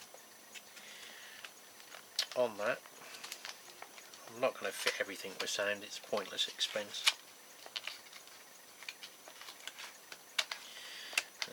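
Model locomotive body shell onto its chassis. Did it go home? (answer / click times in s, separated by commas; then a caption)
yes / 11.2 s. A plastic model locomotive body shell is pressed back down onto its chassis while someone talks. Small handling clicks and rattles come first as the shell resists going back down. It then snaps into place with a sharp click at 11.2 s and is seated.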